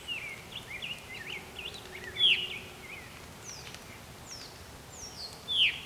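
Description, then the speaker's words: Veery call: two clear, steeply falling slurred notes about three seconds apart, amid softer high chirps and twitters from other birds. Named for this 'veer' call; recorded unusually close. "I don't think I've ever recorded a veery this close before."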